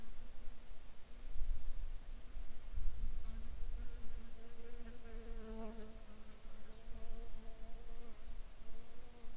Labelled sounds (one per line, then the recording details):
insects
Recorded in the Arctic National Wildlife Refuge, Alaska, on 7 July 2019 at 06:20
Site 41